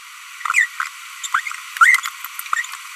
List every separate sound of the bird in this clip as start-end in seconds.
0.45-0.65, 1.24-1.26, 1.34-1.40, 1.77-1.99